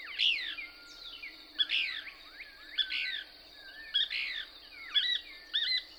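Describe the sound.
Couch's Kingbird song: short buzzy, twittering phrases with rising and falling sweeps, given about once a second over a steady high hiss.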